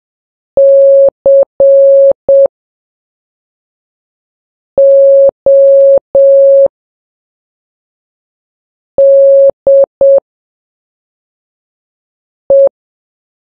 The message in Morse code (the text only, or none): CODE